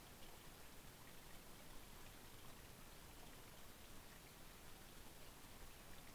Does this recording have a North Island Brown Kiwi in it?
no